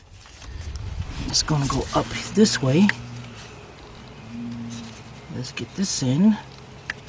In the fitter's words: it clicks perfect